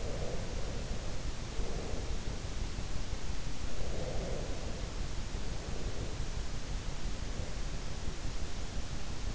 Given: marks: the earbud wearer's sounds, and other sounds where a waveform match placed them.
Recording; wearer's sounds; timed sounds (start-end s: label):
sounds in sleep by an in-ear microphone; breath
0.00-2.50 s: breath
3.77-6.40 s: breath